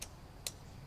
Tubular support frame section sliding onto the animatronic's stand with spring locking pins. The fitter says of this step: you push those in you slide this down on there until they both lock into place